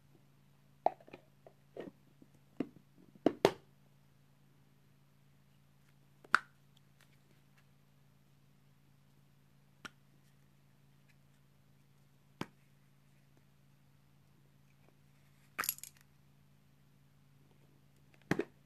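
Various tops being opened and closed make sharp clicks and snaps, clustered in the first few seconds and then spaced out every few seconds to the end. A steady low hum runs underneath throughout.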